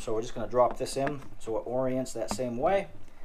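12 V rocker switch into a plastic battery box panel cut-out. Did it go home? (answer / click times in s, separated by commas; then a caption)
no / none. A 12 V rocker switch is lowered by hand into its cut-out in a plastic battery box panel, oriented to match the hole, while someone talks. Nothing has seated or clicked yet.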